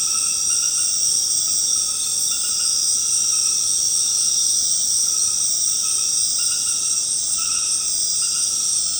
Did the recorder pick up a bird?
no